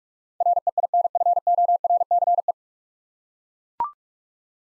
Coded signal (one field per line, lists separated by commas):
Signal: Morse code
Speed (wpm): 42 wpm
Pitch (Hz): 700 Hz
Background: none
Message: REINFORCE